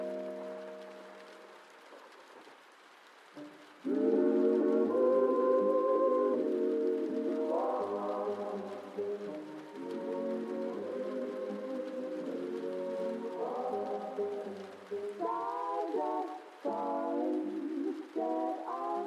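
Old-time music plays from another room, muffled and dull, with sustained horn-like or vocal tones. A quiet held chord fades over the first few seconds, then the tune comes in fuller near four seconds with shifting notes. A faint steady hiss of rain runs underneath.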